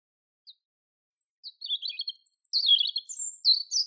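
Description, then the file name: European robin delivering short, high, sweet warbled phrases with thin whistled notes in between, the phrases growing louder toward the end. "Erithacus rubecula"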